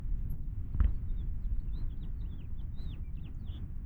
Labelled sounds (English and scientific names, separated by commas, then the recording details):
House Finch (Haemorhous mexicanus) song
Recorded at Wantagh on Long Island, New York, on 21 May 1975
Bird G